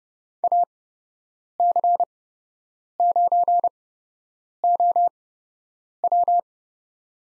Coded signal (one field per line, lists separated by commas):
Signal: Morse code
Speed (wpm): 30 wpm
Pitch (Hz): 700 Hz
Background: none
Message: AC9OW